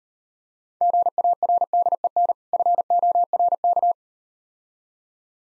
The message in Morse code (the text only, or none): GARDEN FORK